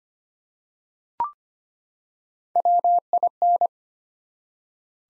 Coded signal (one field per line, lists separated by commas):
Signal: Morse code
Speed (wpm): 25 wpm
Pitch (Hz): 700 Hz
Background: none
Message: WIN